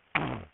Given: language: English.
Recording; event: throat vibration sensor signal played as sound; throat clearing